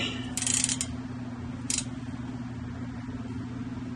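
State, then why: Stripped. A 4 mm hex key is worked against a stubborn, stripped screw head in the radiator side panel of a Ventrac 4500Y mower, with a piece of glove pressed into the head for extra grip. A quick cluster of sharp metallic ticks and scrapes comes around 0.4–0.8 s and another at 1.7 s, over a steady low hum. The key keeps slipping, nothing has seated, and the screw head stays stripped.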